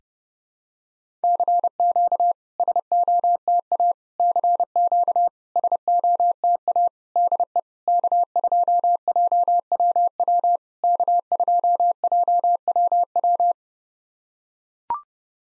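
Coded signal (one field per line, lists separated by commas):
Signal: Morse code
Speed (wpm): 30 wpm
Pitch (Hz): 700 Hz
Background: none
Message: CQ SOTA CQ SOTA DE K2JWW K2JWW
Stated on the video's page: Computer-generated 30 wpm Morse practice of SOTA QSO exchanges, each sent in Morse, then spoken, then sent again.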